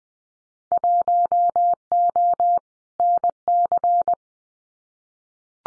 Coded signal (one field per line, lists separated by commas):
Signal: Morse code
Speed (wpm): 20 wpm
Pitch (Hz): 700 Hz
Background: none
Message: 1O NC